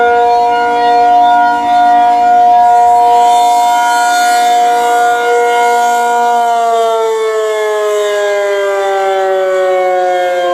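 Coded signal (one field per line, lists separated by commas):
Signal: siren signal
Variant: ACA P-50 outdoor siren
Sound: loud continuous outdoor siren wail, steady pitch, then slightly falling and wavering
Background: outdoor ambience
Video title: REVERSE WIRED ACA P-50 Tornado Siren Test, Alert & Fire, Milwaukee, WI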